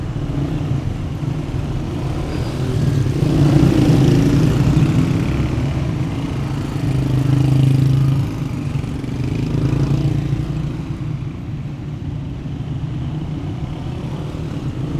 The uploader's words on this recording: Soundscapes of gates of Tehran, Sound artist: Vedad Famourzadeh. So, I decided to field record the Soundscapes of the non-places, of locations of the non-existing gates.